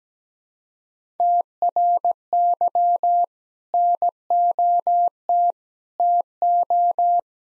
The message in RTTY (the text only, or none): none